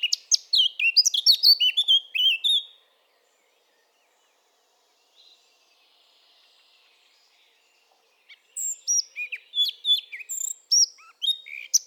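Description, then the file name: Eurasian blackcap giving two bursts of rapid warbled song, separated by about five seconds of near silence with a faint soft twitter. "Sylvia atricapilla"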